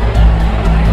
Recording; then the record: background sound without coughing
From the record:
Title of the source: Party Noise 1 Hour Party Ambience